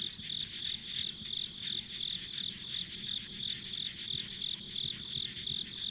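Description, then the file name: Insects giving high rhythmic chirps roughly three times per second, with soft low noise beneath. Insects recorded as ambient sound on a country road. "田舎道の虫の環境音"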